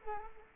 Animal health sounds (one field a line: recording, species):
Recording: mosquito wingbeat signal from an infrared sensor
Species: Culex quinquefasciatus